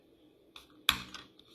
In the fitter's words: zasune se šuplík a zaaretuje se